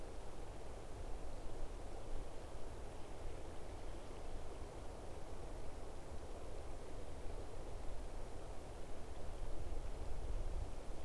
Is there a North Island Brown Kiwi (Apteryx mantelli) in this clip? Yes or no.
no